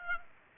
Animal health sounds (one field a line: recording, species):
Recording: mosquito wingbeat signal from an infrared sensor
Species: Aedes aegypti